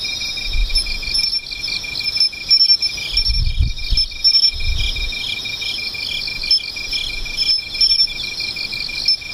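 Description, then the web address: Insect chorus of high, shimmering trills and fast even pulses, interrupted by a few low soft thumps and rustles in the middle. "cats nishikawa 201110 mushinokoi"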